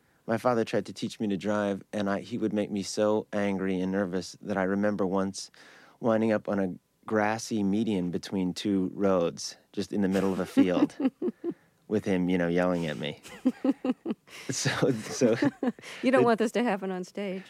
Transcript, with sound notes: My father tried to teach me to drive and he would make me so angry and nervous that I remember once winding up on a grassy median between two roads, just in the middle of the field...
(LAUGHTER)
.... with him, you know, yelling at me.
(LAUGHTER)
So, so...
You don't want this to happen on stage?